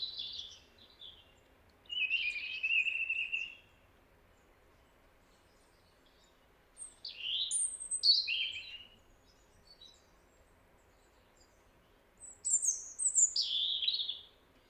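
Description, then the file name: European robin singing three separate phrases of high thin whistles and trills, with quiet pauses between. "Erithacus rubecula"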